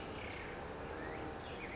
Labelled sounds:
California Towhee (Melozone crissalis)

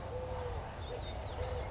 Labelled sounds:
Eurasian Collared Dove (Streptopelia decaocto)

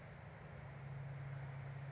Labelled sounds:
California Towhee (Melozone crissalis)

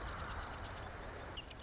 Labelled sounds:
Marsh Wren (Cistothorus palustris)

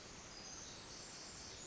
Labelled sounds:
Pacific Wren (Troglodytes pacificus)

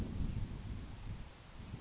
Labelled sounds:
Grasshopper Sparrow (Ammodramus savannarum)

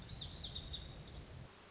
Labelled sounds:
Lazuli Bunting (Passerina amoena)

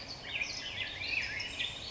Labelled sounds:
Black-headed Grosbeak (Pheucticus melanocephalus)

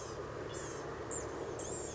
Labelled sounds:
Blue-gray Gnatcatcher (Polioptila caerulea)

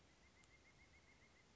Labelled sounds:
Pileated Woodpecker (Dryocopus pileatus)

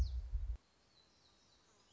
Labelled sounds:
Black-throated Gray Warbler (Setophaga nigrescens)

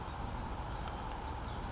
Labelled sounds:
Blue-gray Gnatcatcher (Polioptila caerulea)

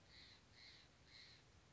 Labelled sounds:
Steller's Jay (Cyanocitta stelleri)

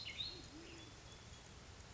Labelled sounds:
Band-tailed Pigeon (Patagioenas fasciata)

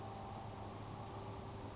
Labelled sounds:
Grasshopper Sparrow (Ammodramus savannarum)

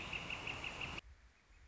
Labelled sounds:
Northern Flicker (Colaptes auratus)

